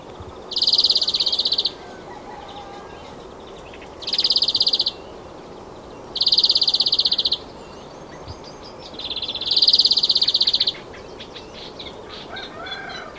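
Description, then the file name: European greenfinch: four high, buzzy trilled bursts, each about a second long, given every two to three and a half seconds, with steady background hiss. "Chloris chloris"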